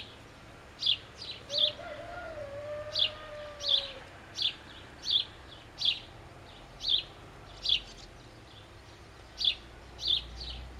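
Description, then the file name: House sparrow chirps, short bright notes repeated many times, with a faint sliding tone in the background early on. "Passer domesticus"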